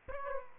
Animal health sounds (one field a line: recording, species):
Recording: mosquito wingbeat signal from an infrared sensor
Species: Aedes aegypti